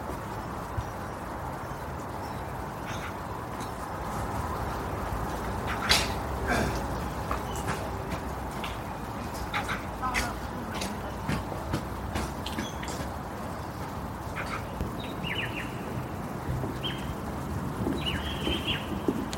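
A walk through a park with birds calling all around. Short chirps and whistles come every second or two over a steady low rumble of traffic and murmuring, with sharp clicks and footstep-like taps scattered throughout, a louder knock near six seconds.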